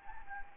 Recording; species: mosquito wingbeat signal from an infrared sensor; Anopheles gambiae